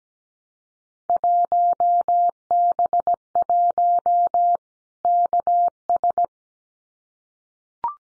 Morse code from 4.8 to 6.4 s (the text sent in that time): KS